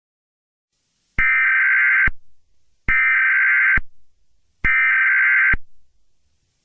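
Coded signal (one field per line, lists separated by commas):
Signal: Emergency Alert System (SAME) tones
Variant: header bursts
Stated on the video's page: Simulated Emergency Alert System scenario of a nuclear attack on the U.S.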